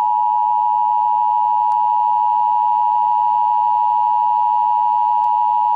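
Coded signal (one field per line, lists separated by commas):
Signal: Emergency Alert System (SAME) tones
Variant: 853 and 960 Hz attention tone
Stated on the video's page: Fictional custom EAS scenario, not real, about freezing temperatures.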